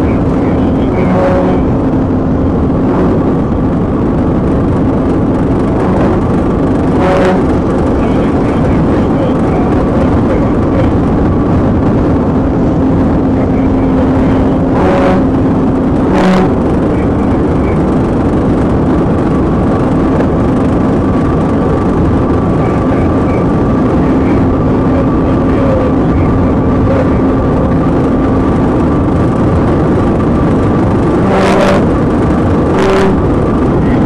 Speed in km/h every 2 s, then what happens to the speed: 200, 200, 201, 203, 203, 203, 203, 203, 206, 206, 208, 209, 209, 209, 209, 209, 196.
0-31 steady at about 203. 31-34 brakes to 196.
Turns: none.